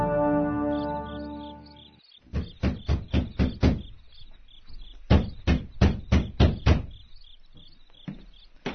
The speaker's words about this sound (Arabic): وجلسنا لنفطر فإذا بالباب تطرق